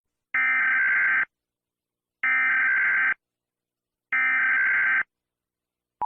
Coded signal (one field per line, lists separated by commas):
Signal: Emergency Alert System (SAME) tones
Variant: header bursts